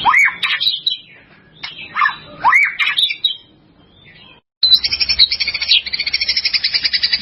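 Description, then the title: White-rumped shama song of rich rising whistles and slurred notes in short phrases, then an abrupt switch to a rapid, buzzy high trill. "murai batu"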